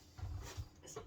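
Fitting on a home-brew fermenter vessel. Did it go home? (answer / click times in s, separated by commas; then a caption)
no / none. A part of a Pinter 2 home-brew fermenter vessel is being pushed in by hand. Low, rumbling handling noise runs from about 0.2 to 0.6 seconds, followed by a faint, brief knock near 1.0 seconds. Nothing has seated or clicked in yet.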